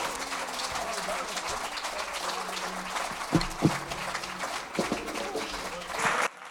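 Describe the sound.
Steady applause from an audience, a dense wash of many hands clapping at even loudness, with a few louder claps and some murmured voices mixed in.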